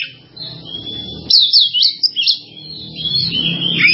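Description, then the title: Java sparrow song: after a quiet start, a rapid string of bright, sweeping high notes, then softer continuing chatter over a faint low hum. "kicau gelatik"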